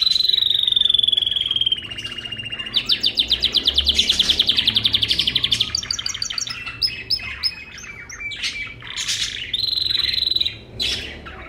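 Bird song opening with a clear drawn-out whistle, then a pulsing rapid trill, scattered sharp chirps and a final high whistled phrase.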